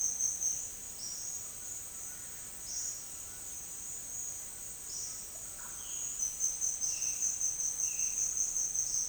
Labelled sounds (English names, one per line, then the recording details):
none
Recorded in dense forest near Puerto Asís, Putumayo, Colombia, on 4 March 2025 at 09:30
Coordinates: 0.481, -76.323
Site G088